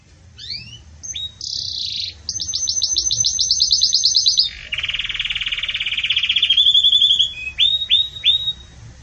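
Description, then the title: Canary song of short rising whistles, then long steady trills at high and lower pitches, and a few closing downslurred notes. Pure campainha song with pauses, for training. "Canto Canário Belga Campainha Puro Com Pausa Para Treinamento"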